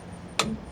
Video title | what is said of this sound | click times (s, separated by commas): This $90 Steering Wheel Changed Our C10 Interior! | hear that click? | 0.4 s